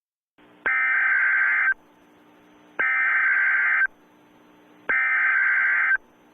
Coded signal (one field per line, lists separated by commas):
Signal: Emergency Alert System (SAME) tones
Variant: header bursts